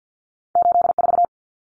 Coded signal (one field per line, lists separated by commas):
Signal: Morse code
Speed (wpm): 48 wpm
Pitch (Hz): 700 Hz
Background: none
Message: 84